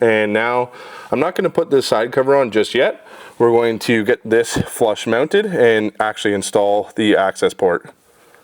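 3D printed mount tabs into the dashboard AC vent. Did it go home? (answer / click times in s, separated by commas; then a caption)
no / none. Someone talks while preparing to install a Cobb Accessport on a 3D printed plastic vent mount that slides onto the dashboard AC vents of a 2011 WRX, with the side cover left off for now. Speech fills most of the clip, followed by a quiet stretch and a faint short sound at about 8.3 s. The mount's tabs have not yet engaged, and nothing has seated or clicked yet.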